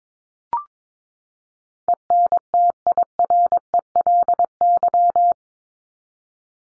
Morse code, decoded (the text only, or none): ENTIRELY